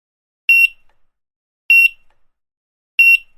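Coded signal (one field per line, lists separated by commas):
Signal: none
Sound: grocery scanner beeps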